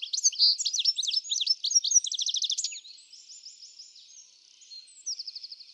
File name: Carduelis carduelis